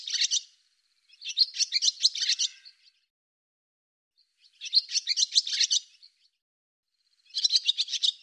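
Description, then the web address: Barn swallow song: four bouts of fast, buzzy twittering, the middle two longest, separated by clear gaps of quiet. "Deverinetal 2025 Bird Hi Ru Hi Ru"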